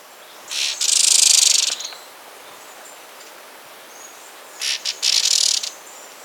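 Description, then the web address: White-sided flowerpiercer producing two separate bursts of high, harsh buzzing, each up to about a second long and preceded by short notes, separated by a few seconds of quiet hiss. Ecuador. "Natures Songs S America Birds of Ecuador. White-Sided Flowerpiercer"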